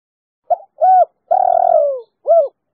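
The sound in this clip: Spotted dove cooing: short arched coos followed by a longer drawn-out falling coo, then another short coo, in a quiet background.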